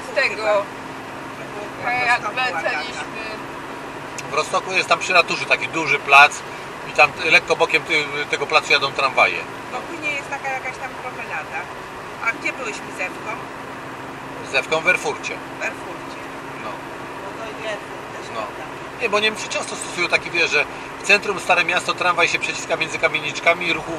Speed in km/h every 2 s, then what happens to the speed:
89, 90, 91, 90, 90, 88, 89, 90, 90, 90, 90, 89.
0-24 steady at about 90.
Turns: none.